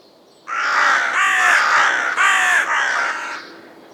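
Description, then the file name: Carrion crow giving a run of four rasping caws that run almost together, harsh and grating, over a low steady hum. "Corvus corone"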